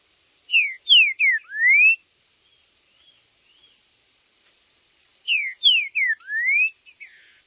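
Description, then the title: Green-winged saltator giving two loud whistled phrases about five seconds apart, each three falling slurs then a longer rising whistle, with brief soft notes between and a steady hiss. Trinca-ferro chirping, singing and territorial calling (macheando) in a contest; video meant to stir up a listener's own trinca-ferro. "Seu TRINCA Piando, Cantando E Macheando Na DISPUTA. TRINCA FERRO Cantando e MACHEANDO!!"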